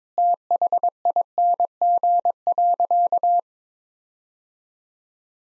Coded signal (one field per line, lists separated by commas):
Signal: Morse code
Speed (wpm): 22 wpm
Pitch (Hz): 700 Hz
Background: none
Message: THING.